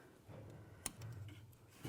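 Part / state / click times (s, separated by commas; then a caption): snap ring into the groove of the wheel bearing housing in the steering knuckle / not seated / none. A mechanic tries to fit a steel snap ring into its groove in the steering knuckle to retain a new front wheel hub bearing on a 2004-2010 BMW X3. A sharp metallic tick comes at 0.9 s, followed by fainter ticks and scrapes around 1.0, 1.3 and 1.5 s and a louder rustle at the end. The snap ring has not seated yet because the bearing is not pressed all the way in.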